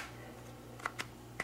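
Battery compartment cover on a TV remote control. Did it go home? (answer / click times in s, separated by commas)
no / none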